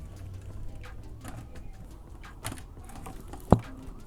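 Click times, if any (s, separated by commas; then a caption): 3.5 s. A 24-pin plastic power connector is lined up and pushed into the motherboard header, with soft handling noises and a smaller knock at about 2.5 s. A single sharp, loud, very short click at 3.5 s marks the connector seating into the socket.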